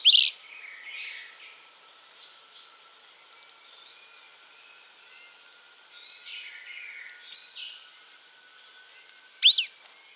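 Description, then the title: Long-tailed tyrant calls: scattered sharp high chips, loud at the start, again after seven seconds and near the end, with soft twittering between them. Nominate subspecies Colonia colonus colonus. "LuckyPassaro Completos2Sama. Long-tailed Tyrant (Colonia colonus colonus)"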